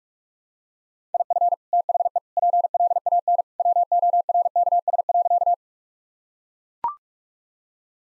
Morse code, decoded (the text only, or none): IF THE PLAN WORKS.